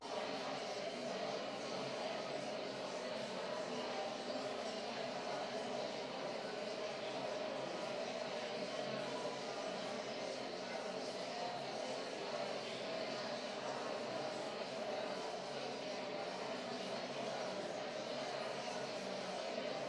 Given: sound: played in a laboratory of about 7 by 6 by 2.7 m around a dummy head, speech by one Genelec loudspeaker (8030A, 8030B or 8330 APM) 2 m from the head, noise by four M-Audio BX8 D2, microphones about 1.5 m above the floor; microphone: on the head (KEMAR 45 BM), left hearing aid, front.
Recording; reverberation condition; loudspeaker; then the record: babble noise; high; four, about 170 cm from the corners of the room and facing them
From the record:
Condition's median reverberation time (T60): about 1300 ms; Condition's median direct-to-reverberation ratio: about -4.0 dB